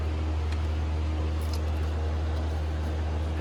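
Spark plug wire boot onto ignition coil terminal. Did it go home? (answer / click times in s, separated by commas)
no / none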